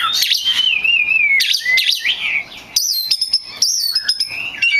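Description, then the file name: Oriental magpie-robin singing rich whistled phrases, a long falling whistle followed by sweeping slurs and bright high notes in varied, fast sequences. Bird described as a kacer lutung cebu type. "audio burung kacer lutung cebu. omkicau"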